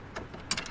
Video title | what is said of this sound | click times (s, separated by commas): The antique and most expensive car in the world, 1955 Mercedes 300 SLR. | all right and you push that until it clicks | 0.5 s